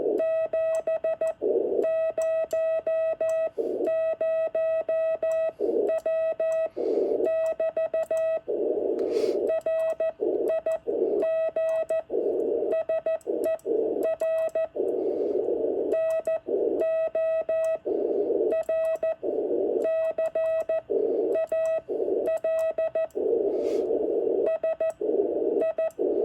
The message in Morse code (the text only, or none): 700W<BT> RIG SER NO R CAL S I